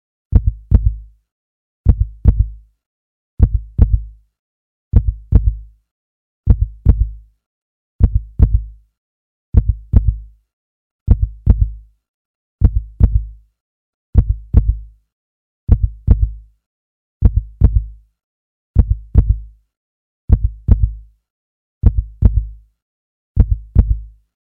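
Deep, regular paired thumps, lub-dub, repeat about 39 to 40 times a minute against a silent background: a slow, steady thumping heartbeat sound effect.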